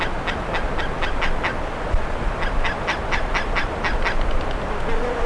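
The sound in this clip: Bird calls: separate harsh, nasal notes in two loose bursts over continuous low-pitched background noise.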